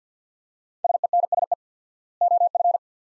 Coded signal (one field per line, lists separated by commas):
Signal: Morse code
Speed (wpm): 50 wpm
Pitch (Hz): 700 Hz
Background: none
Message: SENSE OF